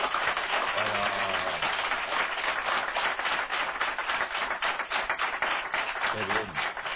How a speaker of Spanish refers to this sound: Así que vamos a hacernos notar, vamos a hacer un aplauso Halloween para que se os escuche en toda España. A ver, un aplauso Halloween.